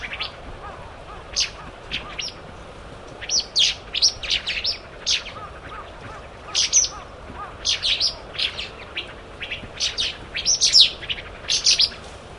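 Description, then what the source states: Pale thrush calls: many thin, high, sharp notes in irregular bursts and clusters throughout, fairly dense, with faint soft lower notes early on. Taiwan.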